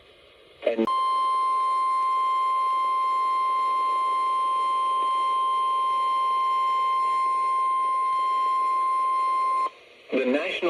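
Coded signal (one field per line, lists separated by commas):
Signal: Emergency Alert System (SAME) tones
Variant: 1050 Hz attention tone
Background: speech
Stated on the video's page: Real alerts from the convective events of the final day of the year.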